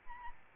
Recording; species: mosquito wingbeat signal from an infrared sensor; Aedes albopictus